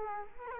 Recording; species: mosquito wingbeat signal from an infrared sensor; Culex quinquefasciatus